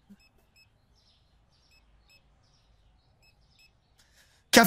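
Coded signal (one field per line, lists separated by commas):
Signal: none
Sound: game cash register beeps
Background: speech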